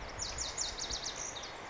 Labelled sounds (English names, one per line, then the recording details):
Lazuli Bunting
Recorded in Sonoma County, California